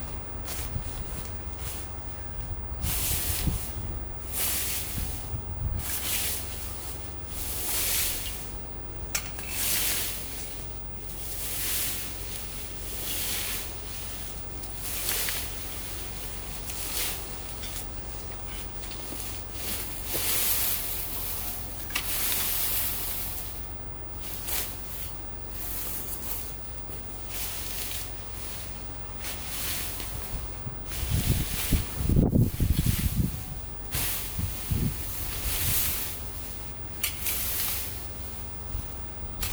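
Yard work in a back garden: a steady run of crisp snips and rustles as branches are pruned, coming every second or so at an uneven pace. A low hum sits underneath throughout, and around the half-minute mark a heavier thud-and-rustle briefly stands out.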